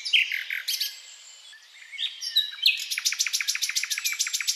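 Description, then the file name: Common nightingale giving quick varied whistles and slurs, a short pause, then a long rapid trill of evenly spaced sharp notes to the end. "Luscinia megarhynchos"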